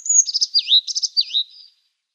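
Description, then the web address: Azure tit song: a quick high phrase of thin trilled notes mixed with two downward-swooping whistles, over in under two seconds. "Schulze Peter Azure Tit song"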